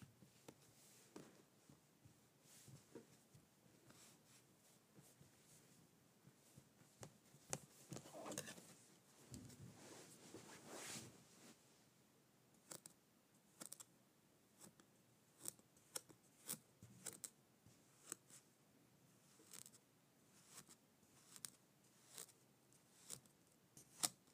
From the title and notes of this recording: ASMR Cutting up Kinetic Sand.